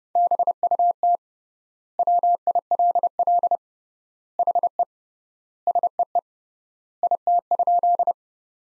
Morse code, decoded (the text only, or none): BUT WILL HE SEE IT?